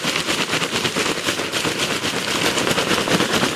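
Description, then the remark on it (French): Dry dead leaves and moss from leaf litter, picked at random for a representative sample, are shaken on a sieve grid, making a loud, steady, crackling rattle of rapid, dense rustles that carries on without a break, with no voices. “Donc, en prenant des feuilles mortes, de la mousse, on va secouer.”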